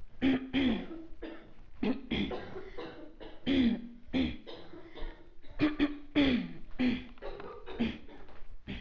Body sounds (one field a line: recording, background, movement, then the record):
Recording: throat clearing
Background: a bystander coughing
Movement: walking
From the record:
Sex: female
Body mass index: 22.6 kg/m2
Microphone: on the chest, facing outward